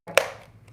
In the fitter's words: there you go there is a snapping sound so wait for that snapping sound okay